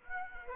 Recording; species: mosquito wingbeat signal from an infrared sensor; Aedes aegypti